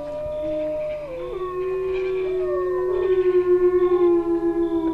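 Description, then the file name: Wolf howls in chorus, drawn-out tones stepping up and down, one voice rising while another holds steady, ending in a wavering pulsed howl. Several wolves howling at night. "Вой-волков-ночью"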